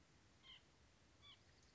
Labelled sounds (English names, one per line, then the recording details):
White-breasted Nuthatch
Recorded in Sonoma County, California